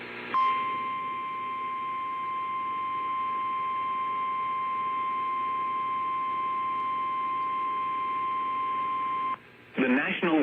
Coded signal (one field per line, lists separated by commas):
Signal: Emergency Alert System (SAME) tones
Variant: 1050 Hz attention tone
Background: speech